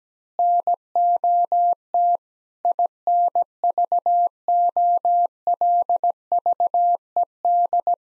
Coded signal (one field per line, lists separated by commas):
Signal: Morse code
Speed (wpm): 17 wpm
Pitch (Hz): 700 Hz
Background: none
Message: NOT INVOLVED